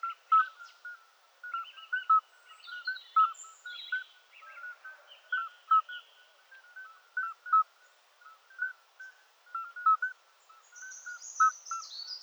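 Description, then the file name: Midwife toad chorus: clear, flute-like single pips repeated by several callers, interleaving unevenly throughout, while soft bird twittering sounds in the background. "Oliver Swift Geburtshelferkröte"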